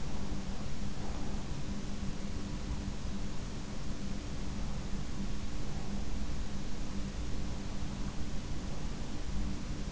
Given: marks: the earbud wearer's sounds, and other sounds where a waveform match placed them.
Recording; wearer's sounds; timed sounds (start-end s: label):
sounds in sleep by an in-ear microphone; breath
0.00-1.59 s: breath